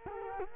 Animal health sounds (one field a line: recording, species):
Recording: mosquito wingbeat signal from an infrared sensor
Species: Culex quinquefasciatus